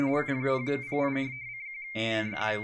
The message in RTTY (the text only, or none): K0PIRCQ CQ